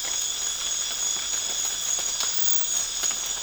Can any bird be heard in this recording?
no